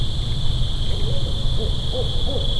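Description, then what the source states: Barred owl giving a few faint, short hooting notes in the later part, nearly buried in steady low rumble and a constant high hum. Holophonic (3D) audio recording.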